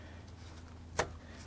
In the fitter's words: it's in position and you just give it a hit in the back and it locks into place